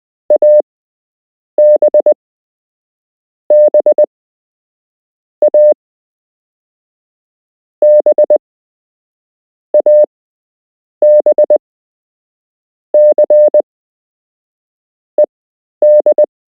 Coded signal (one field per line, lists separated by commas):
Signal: Morse code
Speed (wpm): 19 wpm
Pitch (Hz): 600 Hz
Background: none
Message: AB B A B AB C ED